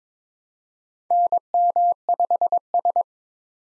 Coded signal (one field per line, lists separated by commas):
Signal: Morse code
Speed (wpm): 21 wpm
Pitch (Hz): 700 Hz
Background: none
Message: NM5S